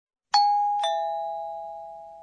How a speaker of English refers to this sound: I think that's the sound of a doorbell or a chime. In Japanese, we have a word for this. Ping-pong.